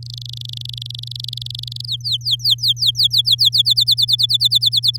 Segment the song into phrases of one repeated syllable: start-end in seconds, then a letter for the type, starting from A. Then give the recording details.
0.03-1.86 A, 1.87-3.49 B, 3.52-4.97 C. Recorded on 10 May 2018 at 12:58. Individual llb16